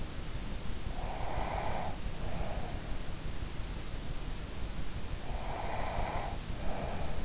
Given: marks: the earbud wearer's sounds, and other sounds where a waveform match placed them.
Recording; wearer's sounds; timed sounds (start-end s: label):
sounds in sleep by an in-ear microphone; breath
0.85-2.78 s: breath
5.32-7.25 s: breath